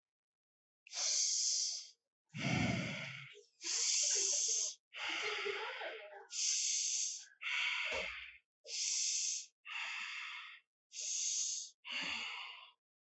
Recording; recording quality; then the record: deep breathing; excellent, no background noise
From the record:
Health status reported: healthy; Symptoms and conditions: none ticked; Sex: male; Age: 32 years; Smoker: not ticked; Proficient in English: yes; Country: India